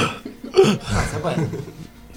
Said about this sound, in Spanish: Me encanta el momento radial de … practicando la tos para adentro